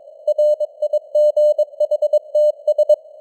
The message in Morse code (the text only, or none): RIGHTS